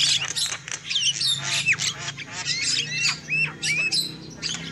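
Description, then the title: Shrill lovebird chatter with scratchy squawks and a few clear rising whistles, plus a low steady hum underneath. Lovebird calls used as a lure for trapping birds. "PIKAT BURUNG LOVEBIRD"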